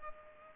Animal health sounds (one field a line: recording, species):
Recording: mosquito wingbeat signal from an infrared sensor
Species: Culex pipiens